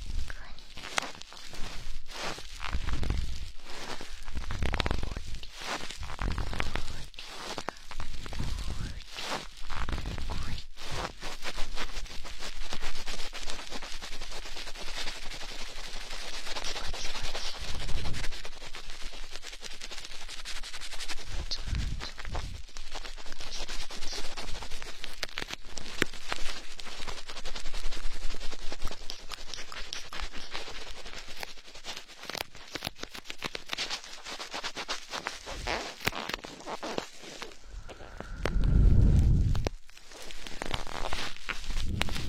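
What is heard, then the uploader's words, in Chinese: Rubber-gloved hands clean the ears, with steady squeaky rubbing and crackling, broken by frequent soft thumps and brief scratchy bursts. 戴着橡胶手套，为你清洁耳朵。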